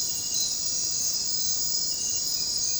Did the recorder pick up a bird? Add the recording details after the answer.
no. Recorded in secondary vegetation near Puerto Asís, Putumayo, Colombia, on 9 March 2025 at 03:30. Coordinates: 0.484, -76.319. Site G010